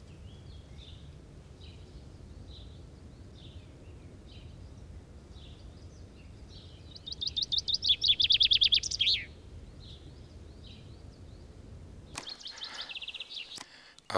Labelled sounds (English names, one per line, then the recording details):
Common Chaffinch song
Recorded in the wild
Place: Montreux, Kanton Waadt, CH
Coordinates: 46.4342, 6.94556
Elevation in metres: 1154
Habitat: mountains
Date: 1986-05-20
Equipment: Uher 4000 Report, Sennheiser MKH 815 T
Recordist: Tretzel, Erwin